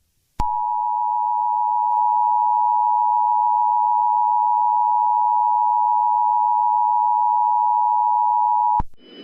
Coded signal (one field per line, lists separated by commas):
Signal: Emergency Alert System (SAME) tones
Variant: 853 and 960 Hz attention tone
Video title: EAS Scenario: Sonic.OMT 's Takeover of the World